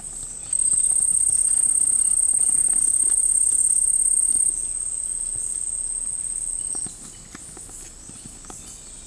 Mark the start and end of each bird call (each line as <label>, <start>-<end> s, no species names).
bird call, 0.37-0.96 s
bird call, 6.56-7.21 s